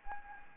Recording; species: mosquito wingbeat signal from an infrared sensor; Anopheles gambiae